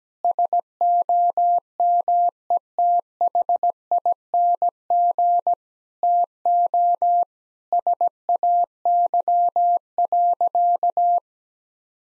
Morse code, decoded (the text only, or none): SOMETHING TO SAY.